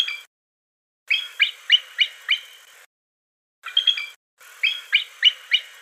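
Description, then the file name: Bald eagle piping chatter: a quick series of five or six sharp descending squeals, a pause, then a similar repeated run. "suara burung elang bald. omkicau"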